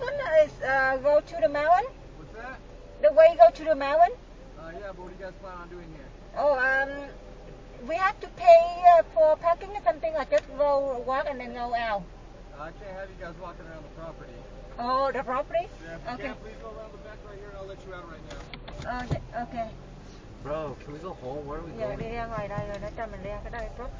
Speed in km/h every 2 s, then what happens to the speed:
0, 0, 0, 0, 0, 0, 0, 0, 0, 0, 2, 6.
0-20 standing.